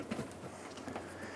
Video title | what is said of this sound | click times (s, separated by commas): How to Replace AC Condenser & Receiver Drier Assembly 2011-2014 Hyundai Sonata (2.4L L4) | snap these brackets in you should hear these connect ours are broken so you won't hear them click | none